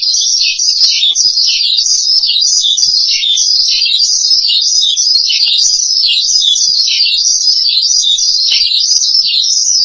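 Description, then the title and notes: Starling giving a steady, high, rapid warbling twitter that rises and falls continuously. "suara burung jalak"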